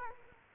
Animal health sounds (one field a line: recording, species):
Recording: mosquito wingbeat signal from an infrared sensor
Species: Culex quinquefasciatus